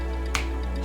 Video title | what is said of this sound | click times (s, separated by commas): 27x27x16 Custom Snap Rack assembly (frag rack) | you just squeeze the front legs and it should just snap into place | 0.4 s